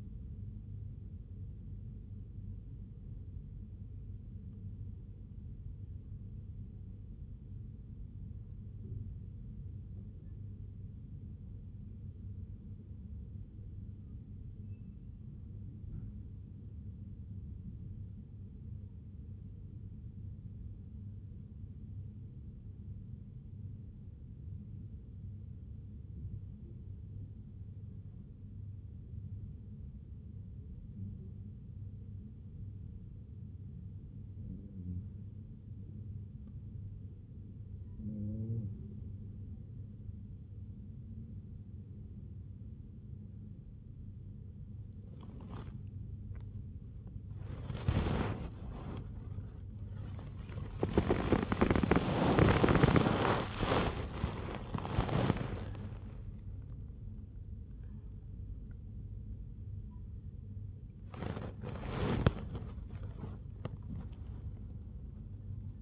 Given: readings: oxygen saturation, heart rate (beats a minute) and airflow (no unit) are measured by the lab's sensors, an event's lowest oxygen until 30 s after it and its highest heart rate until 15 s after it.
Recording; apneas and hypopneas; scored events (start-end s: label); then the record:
breathing in sleep by a smartphone at the bedside; 1
9.00-38.90 s: hypopnea (N1, oxygen 97% highest, then 94% lowest, heart rate 60 at the start, 66 highest)
56.00-65.82 s: new sleep stage, awake
63.00-65.82 s: awake
From the record:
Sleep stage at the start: N1 (lightest sleep); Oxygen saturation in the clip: 94 to 97%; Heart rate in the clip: 54 to 84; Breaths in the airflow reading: 23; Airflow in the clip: -0.7 to 0.7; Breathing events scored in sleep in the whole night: 51 in 8.9 hours asleep